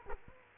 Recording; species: mosquito wingbeat signal from an infrared sensor; Aedes aegypti